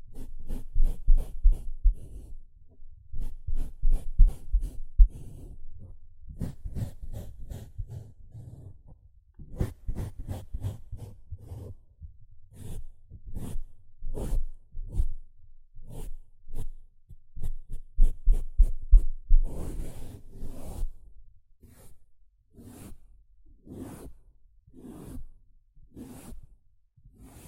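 A sponge is rubbed, squished and scraped in quick rhythmic strokes, each a short soft burst with a low thump beneath. The strokes come in dense runs with brief pauses near 3, 9 and 19 seconds. Toward the end they turn brighter and hissier, like brushing.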